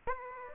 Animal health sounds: mosquito wingbeat signal from an infrared sensor; Aedes aegypti

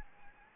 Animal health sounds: mosquito wingbeat signal from an infrared sensor; Anopheles gambiae

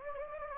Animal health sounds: mosquito wingbeat signal from an infrared sensor; Anopheles gambiae

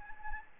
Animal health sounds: mosquito wingbeat signal from an infrared sensor; Anopheles gambiae

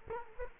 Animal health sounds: mosquito wingbeat signal from an infrared sensor; Culex quinquefasciatus

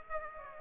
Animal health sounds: mosquito wingbeat signal from an infrared sensor; Aedes aegypti

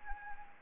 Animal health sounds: mosquito wingbeat signal from an infrared sensor; Anopheles arabiensis

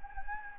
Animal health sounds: mosquito wingbeat signal from an infrared sensor; Anopheles gambiae

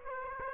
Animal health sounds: mosquito wingbeat signal from an infrared sensor; Aedes aegypti

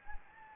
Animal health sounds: mosquito wingbeat signal from an infrared sensor; Anopheles gambiae

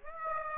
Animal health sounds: mosquito wingbeat signal from an infrared sensor; Aedes aegypti

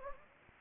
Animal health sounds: mosquito wingbeat signal from an infrared sensor; Anopheles gambiae

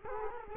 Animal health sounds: mosquito wingbeat signal from an infrared sensor; Culex quinquefasciatus

